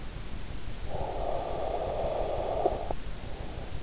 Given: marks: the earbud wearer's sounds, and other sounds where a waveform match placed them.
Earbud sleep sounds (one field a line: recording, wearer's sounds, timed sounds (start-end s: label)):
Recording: sounds in sleep by an in-ear microphone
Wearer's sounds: breath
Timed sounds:
0.83-3.31 s: breath